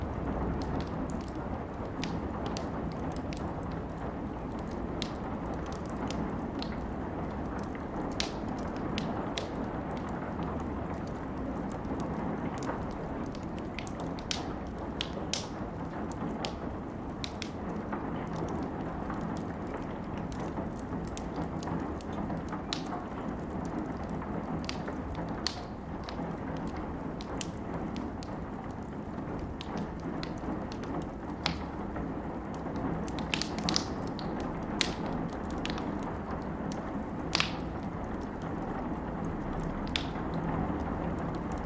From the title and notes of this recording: Campfire audio + wind. Campifre sounds with wind in the background.